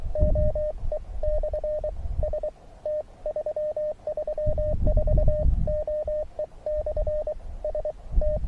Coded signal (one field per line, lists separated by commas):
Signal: Morse code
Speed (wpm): 22 wpm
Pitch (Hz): 590 Hz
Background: none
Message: OE/ST334 OE/ST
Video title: Höchstein OE/ST-334, SOTA Hike n Fly, August 21st 2023